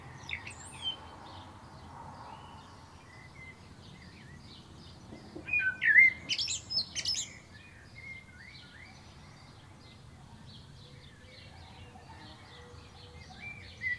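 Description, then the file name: Common blackbird giving a short warbled phrase with a thin high ending midway, amid long quiet stretches with faint scattered chirps. "Turdus merula"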